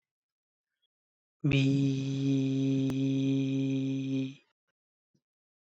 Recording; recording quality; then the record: sustained vowel as in beet; excellent, no background noise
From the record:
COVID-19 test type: RT-PCR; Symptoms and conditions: cough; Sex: male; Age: 31 years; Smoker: no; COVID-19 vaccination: both doses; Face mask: not worn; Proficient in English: yes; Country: India